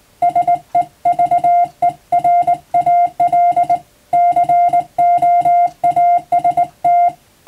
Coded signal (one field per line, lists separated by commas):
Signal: Morse code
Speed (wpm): 20 wpm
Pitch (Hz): 700 Hz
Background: music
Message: SEVERAL COAST